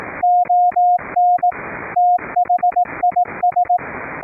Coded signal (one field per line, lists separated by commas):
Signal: Morse code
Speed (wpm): 18 wpm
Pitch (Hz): 710 Hz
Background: radio noise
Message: ON THIS